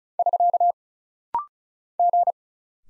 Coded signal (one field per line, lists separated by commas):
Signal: Morse code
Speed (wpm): 36 wpm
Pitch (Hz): 700 Hz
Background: none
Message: <SK> G